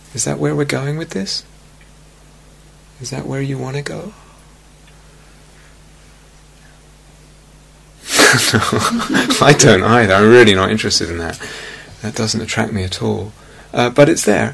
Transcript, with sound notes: Is that where we're going with this? Is that where you want to go? [laughs] I don't either. I'm really not interested in that. That doesn't attract me at all. But it's there.